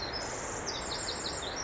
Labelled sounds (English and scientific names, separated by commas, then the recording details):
Pacific Wren (Troglodytes pacificus)
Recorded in Sonoma County, California